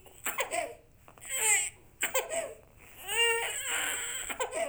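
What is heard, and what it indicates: Short, fussy infant cries come in several bursts over a few seconds. Two longer wails have a clear, high, tonal voice with a rising then falling pitch, between choppier sobbing sounds. This is an ordinary baby cry, in a small room.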